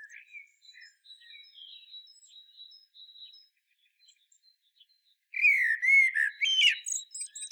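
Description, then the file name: Common blackbird song: after several seconds of faint, thin bird notes, a loud mellow fluted warble breaks in and ends in a squeaky high twitter. "Turdus merula"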